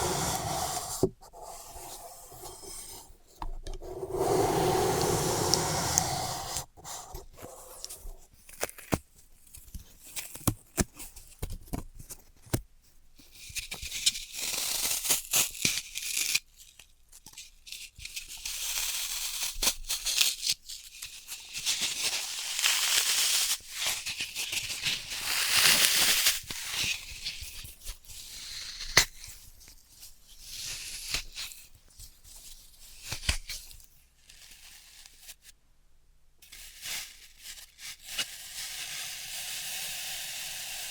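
Floral foam is tapped, cut and crushed in a run of dry, scraping and crunching sounds. Bursts of gritty rasping and tearing come in uneven clusters, with sharp clicks and taps scattered between them and brief quiet gaps throughout.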